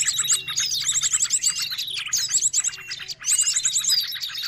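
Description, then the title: Bird song, continuous busy chatter of high chirps and fast trilled phrases, with a brief pause near the third second before the twittering resumes. Recording used as a lure for catching birds. "Burung Ribut"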